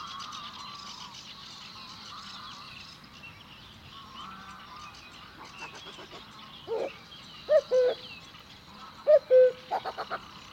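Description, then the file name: Cuckoo calls start partway through with loud two-note cu-coo phrases, each falling slightly, after a stretch of mixed chirping from other birds. "minutes of cuckoos"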